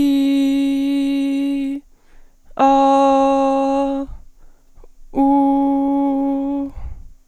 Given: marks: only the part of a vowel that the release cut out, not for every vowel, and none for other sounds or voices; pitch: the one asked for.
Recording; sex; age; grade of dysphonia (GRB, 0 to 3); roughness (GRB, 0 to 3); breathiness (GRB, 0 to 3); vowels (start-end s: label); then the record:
sustained vowels; female; 18 to 19 years; 0; 0; 0
0.00-1.60 s: vowel /i/, normal pitch
2.66-3.93 s: vowel /a/, normal pitch
5.24-6.55 s: vowel /u/, normal pitch
From the record:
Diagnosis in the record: healthy voice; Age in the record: 19 years